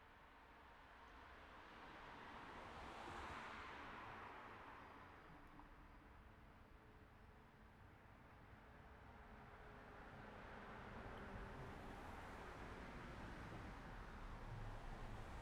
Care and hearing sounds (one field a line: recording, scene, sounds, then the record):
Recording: everyday scene through a hearing-aid microphone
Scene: in traffic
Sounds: traffic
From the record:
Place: city secondary road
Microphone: behind the ear, right, rear